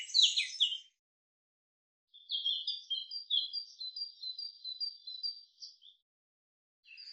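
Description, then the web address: Common chaffinch singing, a short burst of bright notes, then a long series of quick high chirps held at an even pitch, and a brief start of another phrase at the end. "Deverinetal 2025 File cleaned normalized Bird Fr Co"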